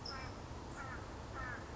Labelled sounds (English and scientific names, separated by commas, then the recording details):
California Towhee (Melozone crissalis)
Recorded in Sonoma County, California